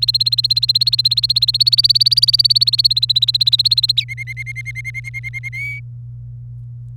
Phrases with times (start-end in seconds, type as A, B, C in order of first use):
0.00-3.92 A, 3.97-5.49 B, 5.53-5.80 C